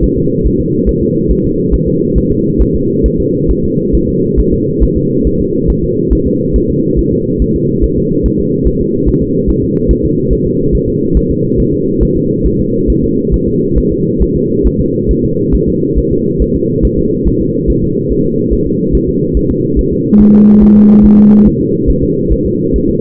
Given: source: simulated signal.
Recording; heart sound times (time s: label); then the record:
fetal heart sounds
0.04 s: S1
0.18 s: S2
0.47 s: S1
0.60 s: S2
0.89 s: S1
1.03 s: S2
1.31 s: S1
1.45 s: S2
1.74 s: S1
1.88 s: S2
2.18 s: S1
2.31 s: S2
2.62 s: S1
2.75 s: S2
3.06 s: S1
3.20 s: S2
3.51 s: S1
3.65 s: S2
3.95 s: S1
4.09 s: S2
4.40 s: S1
4.53 s: S2
4.83 s: S1
4.97 s: S2
5.27 s: S1
5.41 s: S2
5.70 s: S1
5.84 s: S2
6.13 s: S1
6.27 s: S2
6.56 s: S1
6.70 s: S2
6.99 s: S1
7.13 s: S2
7.42 s: S1
7.56 s: S2
7.84 s: S1
7.98 s: S2
8.26 s: S1
8.40 s: S2
8.67 s: S1
8.81 s: S2
9.09 s: S1
9.22 s: S2
9.50 s: S1
9.64 s: S2
9.91 s: S1
10.05 s: S2
10.33 s: S1
10.47 s: S2
10.75 s: S1
10.89 s: S2
11.17 s: S1
11.31 s: S2
11.60 s: S1
11.74 s: S2
12.03 s: S1
12.17 s: S2
12.46 s: S1
12.60 s: S2
12.90 s: S1
13.04 s: S2
13.34 s: S1
13.48 s: S2
13.78 s: S1
13.92 s: S2
14.22 s: S1
14.36 s: S2
14.67 s: S1
14.81 s: S2
15.11 s: S1
15.25 s: S2
15.55 s: S1
15.69 s: S2
15.98 s: S1
16.12 s: S2
16.42 s: S1
16.56 s: S2
16.85 s: S1
16.99 s: S2
17.28 s: S1
17.41 s: S2
17.70 s: S1
17.84 s: S2
18.12 s: S1
18.26 s: S2
18.53 s: S1
18.67 s: S2
18.95 s: S1
19.09 s: S2
19.37 s: S1
19.51 s: S2
19.79 s: S1
19.93 s: S2
20.21 s: S1
20.35 s: S2
20.63 s: S1
20.77 s: S2
21.05 s: S1
21.19 s: S2
21.47 s: S1
21.61 s: S2
21.90 s: S1
22.03 s: S2
22.33 s: S1
22.46 s: S2
22.76 s: S1
22.90 s: S2
From the record:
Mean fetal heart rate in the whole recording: 140 bpm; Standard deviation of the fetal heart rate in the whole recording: 2 bpm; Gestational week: 34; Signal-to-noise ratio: -11.2 dB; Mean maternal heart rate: 72 bpm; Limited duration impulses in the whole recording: present